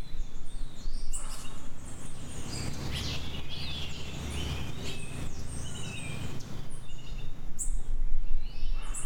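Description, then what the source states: Birds in a dense chorus of rapid overlapping chirps and whistles over a persistent low hum. Tropical dawn chorus of calmer birds.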